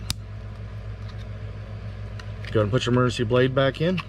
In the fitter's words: go ahead and squeeze it together you'll hear it snap